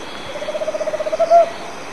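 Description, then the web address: Tropical Screech-Owl trill: a rapid run of evenly spaced low hoots that builds slightly, closed by a stronger drawn-out final note; quiet hiss underneath. Argentina. "cantos alilicucu"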